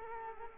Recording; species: mosquito wingbeat signal from an infrared sensor; Culex quinquefasciatus